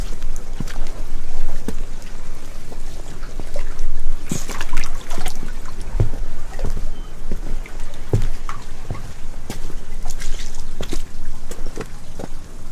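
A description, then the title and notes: Footsteps move through mud and wet ground, each step a short squelching or crunching hit at an irregular walking pace of about one or two per second. Some steps splash and drip like water. A steady outdoor hiss sits underneath, with a brighter burst of crunching around four seconds. ASMR Relaxing Binaural Sounds of WALKING in a Viking Village in Iceland with a very large diversity of footsteps sounds in nature: mud, wood, water, peat, grass, straw, gravel...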